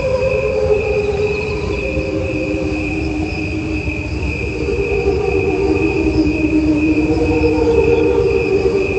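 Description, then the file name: Crickets giving a steady, continuous trill, with several overlapping ringing tones holding without a break. "grilos"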